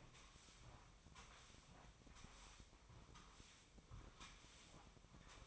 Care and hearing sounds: daily activity, microphone in the room; sweep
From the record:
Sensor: 1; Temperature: 24.4 degrees Celsius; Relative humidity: 39.3%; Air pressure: 1003.1 hPa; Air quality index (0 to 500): 197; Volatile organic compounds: 6 ppm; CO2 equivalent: 1887 ppm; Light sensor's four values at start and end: 13/31/13/15 and 13/31/13/15

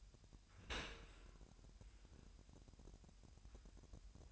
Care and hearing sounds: daily activity, microphone in the room; open dishwasher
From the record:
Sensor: 2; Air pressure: 998.1 hPa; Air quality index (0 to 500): 147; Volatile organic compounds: 4 ppm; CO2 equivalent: 1662 ppm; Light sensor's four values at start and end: 10/29/11/11 and 10/29/11/11

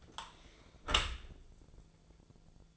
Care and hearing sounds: daily activity, microphone in the room; close dishwasher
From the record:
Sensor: 5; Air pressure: 1000.6 hPa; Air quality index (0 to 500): 153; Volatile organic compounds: 2 ppm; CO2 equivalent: 1173 ppm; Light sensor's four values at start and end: 43/99/42/45 and 43/98/42/45

